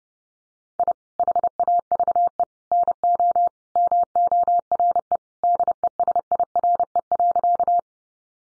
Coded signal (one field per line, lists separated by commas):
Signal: Morse code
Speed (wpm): 30 wpm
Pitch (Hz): 700 Hz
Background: none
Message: I HAVE NO MORE DESIRE.